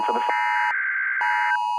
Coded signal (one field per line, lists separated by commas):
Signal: Emergency Alert System (SAME) tones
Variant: header bursts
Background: speech